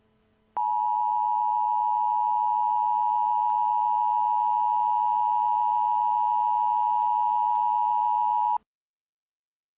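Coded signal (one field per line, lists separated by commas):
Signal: Emergency Alert System (SAME) tones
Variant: 853 and 960 Hz attention tone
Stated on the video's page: EAS Excessive Heat Warning for Illinois.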